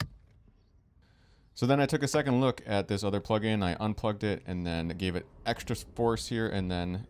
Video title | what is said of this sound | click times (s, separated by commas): Toyota Supra Dashcam Install - Fitcamx direct fit - 2021 Supra Dashcam | So you're going to hear this one snap in. | 0.0 s